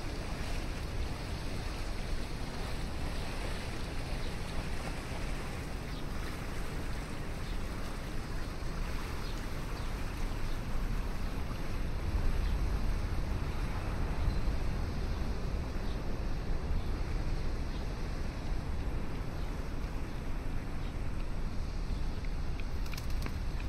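A morning walk along the river in downtown Chicago at sunrise, filled with a steady, dense low rumble of city and water sound. The wash stays even throughout, with faint scattered clicks and a brief brighter tick near the end.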